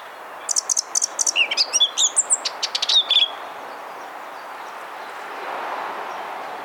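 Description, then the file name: Eurasian blackcap giving one phrase that starts with fast scratchy chatter and ends in clear whistled notes, followed by quiet background hiss. "Sylvia atricapilla"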